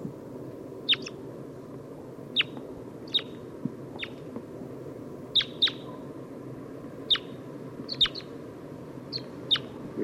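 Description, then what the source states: Red Crossbill flight calls, sharp downslurred chips given singly or in quick pairs at irregular intervals, over steady background noise. Type 2 calls from a flock of five crossbills, at least three red and one green, in a tree just above a road.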